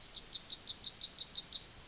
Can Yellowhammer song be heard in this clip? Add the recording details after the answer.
yes. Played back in forest. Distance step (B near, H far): C. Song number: 003